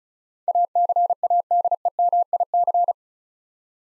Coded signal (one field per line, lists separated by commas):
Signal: Morse code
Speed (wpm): 35 wpm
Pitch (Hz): 700 Hz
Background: none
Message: ACADEMIC